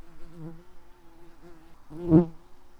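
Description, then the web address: Red-tailed bumblebee buzzing: a low, steady droning hum with a brief louder, harsher burst near the end. Workers. "Lapidarius workers"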